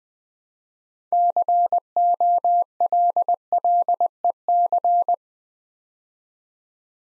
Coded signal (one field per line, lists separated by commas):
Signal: Morse code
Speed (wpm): 20 wpm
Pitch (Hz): 700 Hz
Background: none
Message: COLLEC